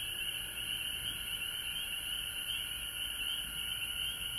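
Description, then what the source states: Frog chorus of overlapping trills, steady and unbroken, with a lower sustained tone and a thin high-pitched hiss running the whole time. Recorded at home in Georgia on March 19, 2020.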